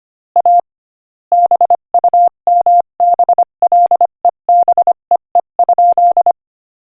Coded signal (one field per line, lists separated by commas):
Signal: Morse code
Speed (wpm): 25 wpm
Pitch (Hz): 700 Hz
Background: none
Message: A BUMBLEBEE?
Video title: Morse Code Practice: 25 wpm Joke #17